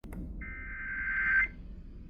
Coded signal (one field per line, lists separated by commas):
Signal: Emergency Alert System (SAME) tones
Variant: header bursts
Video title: Eas svr on KUHF 88.7fm, Kacc 89.7fm and Kyaz 51.1 Eas#1150- 1152)